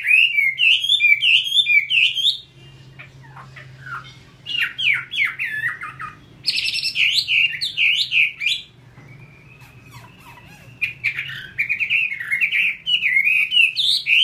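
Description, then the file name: Chinese hwamei singing bursts of looping whistled phrases separated by short pauses. "hwamei"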